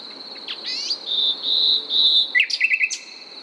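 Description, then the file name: Common nightingale song with rising swept notes, then a short run of rapid repeated notes, over a continuous high-pitched insect-like hum. "Luscinia megarhynchos"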